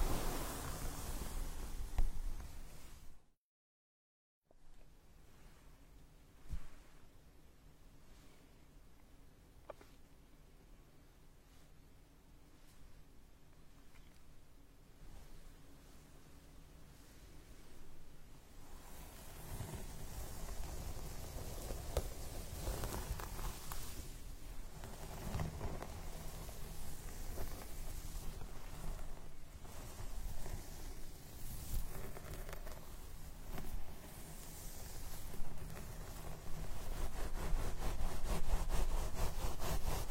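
Hair is combed and a scalp massaged, starting with a brief cut to silence, then soft, sparse strokes over a low hum. From about twenty seconds in, the combing grows louder and denser, with repeated scratchy brushing sounds running steadily to the end.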